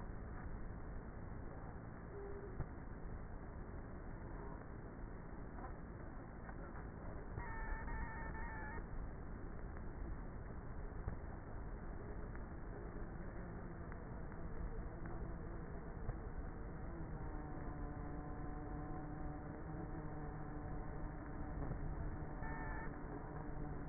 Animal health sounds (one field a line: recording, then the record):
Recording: honeybee colony, microphone inside the hive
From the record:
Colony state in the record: queenless with a low population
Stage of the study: before two queens were removed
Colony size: about 30,000 bees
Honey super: no